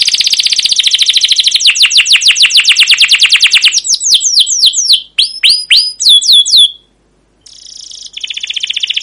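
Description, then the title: Canary song: long rapid trills of repeated notes, then sweeping whistled chirps, a brief pause, and another buzzy trill at the end. Canary song with long rolling trills (cuit cuit ngerol), described as gacor, used as a lure (pancingan) master recording to train other canaries to sing. "CUIT CUIT NGEROL LANGSUNG GACOR PANJANG Kenari Ini Utk Pancingan KENAR. Masteran Suara Burung Kenari Gacor Panjang cuit cuit Ngerol untuk Pancingan Kenari!"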